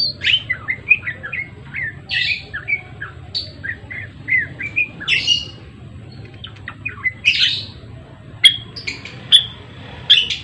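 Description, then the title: Java sparrow singing a chattering run of short descending chirps broken by louder ringing notes and brief clicks, in bursts with small pauses; low background hum. Actively singing (gacor). "Gelatik Belong Jawa Gacor"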